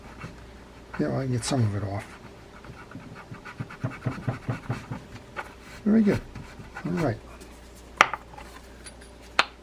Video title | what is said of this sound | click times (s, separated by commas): Airex Bache Brown Masterreel vintage fishing reel how to take apart and service | that in you heard a nice solid click on that let's tighten this down | 8.0 s, 9.4 s